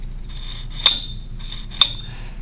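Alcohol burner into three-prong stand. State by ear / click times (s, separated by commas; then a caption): not seated / none. A Vargo Ti Converter titanium alcohol burner is dropped into its three-prong titanium stand, giving glassy metallic clinks at about 0.9 s and 1.8 s, with a faint tick at 1.5 s. The burner sits loosely in the stand and nothing latches or locks into place.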